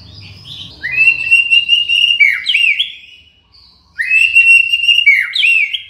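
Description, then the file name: White-rumped shama song: two long phrases of clear, sustained whistles ending in twisting slurred notes, separated by a brief pause, with a quiet background. Borneo. "murai batu borneo"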